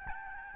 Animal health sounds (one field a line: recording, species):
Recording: mosquito wingbeat signal from an infrared sensor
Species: Aedes albopictus